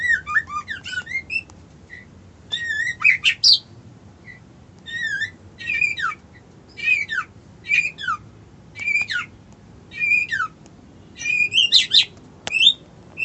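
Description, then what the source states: White-eye song of short, high twittering phrases with downslurred whistles, repeated with brief gaps between them. Song style called ngerol ngalas.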